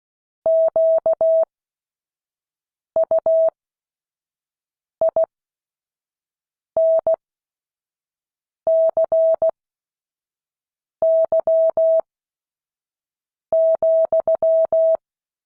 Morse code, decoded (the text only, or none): QUINCY,